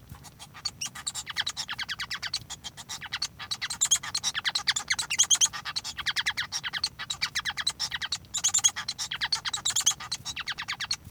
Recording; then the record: song of a male Bengalese finch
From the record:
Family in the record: son of father 1